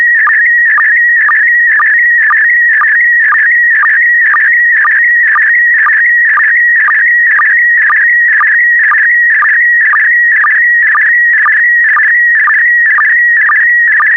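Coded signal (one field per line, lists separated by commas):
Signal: SSTV (slow-scan television)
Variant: PD120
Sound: steady warbling whistle near 2 kHz with a short low blip every half second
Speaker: the next image transmission will start in 10 seconds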